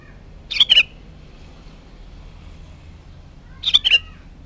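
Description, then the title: Sooty-headed bulbul producing two short bursts of bubbly, sharp notes separated by about three seconds of low background noise. "Kutilang"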